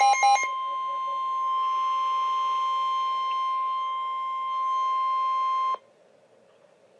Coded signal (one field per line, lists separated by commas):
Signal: Emergency Alert System (SAME) tones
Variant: 1050 Hz attention tone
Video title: High Wind Warning - EAS #7